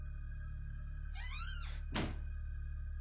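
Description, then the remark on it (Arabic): A door on the upper floor of a house creaks with a wavering, rising-and-falling squeal, then slams shut with one sharp thud, over a steady low electrical hum. “سمعنا صوت باب بيتقفل في الدور العلوي.”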